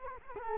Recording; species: mosquito wingbeat signal from an infrared sensor; Culex quinquefasciatus